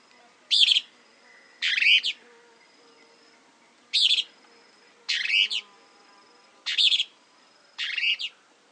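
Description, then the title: Plain-crested elaenia repeating short, raspy, buzzy calls at uneven intervals, with faint thin whistles behind. Nominate subspecies Elaenia cristata cristata. "LuckyPassaro Completos2Sama. Plain-crested Elaenia (Elaenia cristata cristata)"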